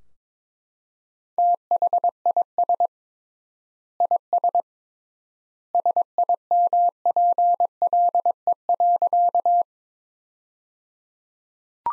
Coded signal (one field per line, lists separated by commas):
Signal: Morse code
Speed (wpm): 22 wpm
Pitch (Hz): 700 Hz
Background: none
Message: THIS IS SIMPLE.